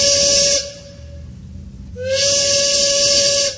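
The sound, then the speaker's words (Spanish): A train whistle sounds two blasts, a short one and then a longer one. Each is a loud, steady, breathy tone with a hissing edge, separated by a quieter gap. No one speaks. “nosotros estamos listos ya para viajar a la primera estación del tren de la tarde.”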